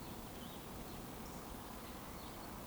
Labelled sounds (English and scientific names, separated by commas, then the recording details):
Eurasian Woodcock (Scolopax rusticola) whistle
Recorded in Baden-Württemberg, Germany, on 23 June 2020 at 19:49 UTC
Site 14569, 102 m above sea level